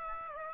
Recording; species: mosquito wingbeat signal from an infrared sensor; Aedes aegypti